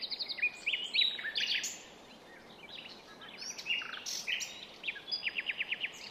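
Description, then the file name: Common nightingale singing rich, varied phrases, with whistled notes and a rapid series of repeated notes near the end, set against constant background noise. "Luscinia megarhynchos"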